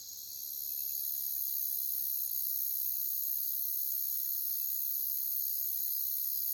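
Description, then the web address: Cricket chorus fading in quickly, then holding a steady, shrill, unbroken high trill. "Nature Songs Nature Sounds Sounds of Nature Collection Crickets"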